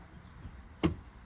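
A manual tilt/telescope steering wheel is pulled out, then the tilt lock lever on the steering column is snapped back to lock the column in position, giving more room to work when installing an SRT airbag on a 5.7 or 6.4 R/T ScatPack. Against a quiet low rumble, a single sharp, bright click rings out at 0.8 s as the lever locks the column in place.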